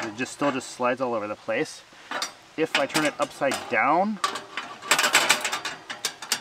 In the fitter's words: If I turn it upside down, it locks right